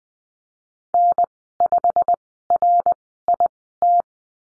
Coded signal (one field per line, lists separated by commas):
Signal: Morse code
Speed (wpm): 20 wpm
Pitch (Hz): 700 Hz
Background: none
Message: N5RIT